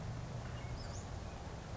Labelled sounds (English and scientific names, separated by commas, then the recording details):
Western Flycatcher (Empidonax difficilis)
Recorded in Sonoma County, California